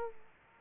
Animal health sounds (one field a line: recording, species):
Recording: mosquito wingbeat signal from an infrared sensor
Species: Aedes aegypti